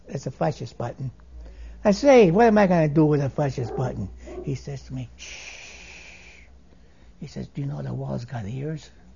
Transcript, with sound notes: It's a Fascist button. I said, "Hey, what am I going to do with a Fascist button?" ( a dog barks in the background ) He says to me, "Shhh." He says, "Do you know the walls got ears?"